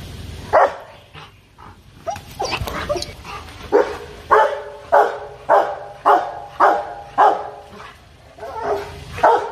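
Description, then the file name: Dog barking hard in a steady series, sharp loud barks about every half second after a scrappy, noisy opening. Dog barking fiercely. "Tieng cho sua hung du"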